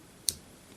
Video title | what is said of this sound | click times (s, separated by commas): Generations Voyager BLITZWING: EmGo's Transformers Reviews N' Stuff | it actually will lock into place. It'll click into place. | 0.3 s